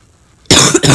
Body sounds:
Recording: coughing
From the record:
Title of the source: Wet coughing

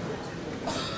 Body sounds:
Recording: coughing mixed with background sound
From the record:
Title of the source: Spring Allergy Coughing

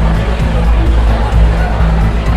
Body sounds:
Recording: background sound without coughing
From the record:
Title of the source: Party Noise 1 Hour Party Ambience

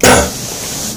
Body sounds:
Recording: coughing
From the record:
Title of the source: Spring Cold Coughing 3

